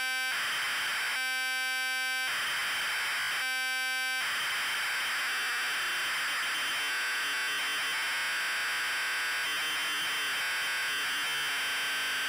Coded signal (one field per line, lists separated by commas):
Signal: ZX Spectrum tape loading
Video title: Wizball TZX load test (ZX Spectrum +2, UK)